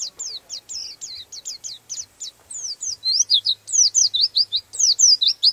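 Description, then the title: White-eye delivering a continuous run of quick, high, slurred chirps and twitters, growing louder toward the end. "Pleci"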